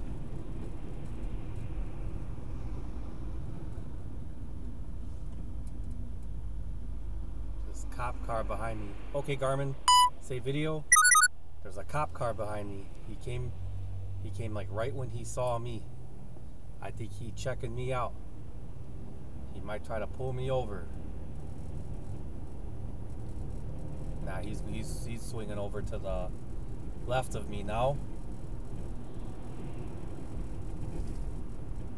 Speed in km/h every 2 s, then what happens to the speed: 37, 31, 24, 13, 3, 0, 0, 8, 16, 24, 31, 37, 42, 44, 45, 44.
0-9 brakes to 0. 9-13 standing. 13-27 pulls away to 45.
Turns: none.